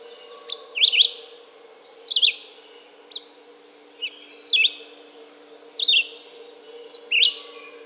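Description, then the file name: Red-eyed vireo song: short slurred whistled phrases, rising and falling, repeated about once a second with brief pauses, over a steady low hum. "red-eyed vireo song by jonathon jongsma"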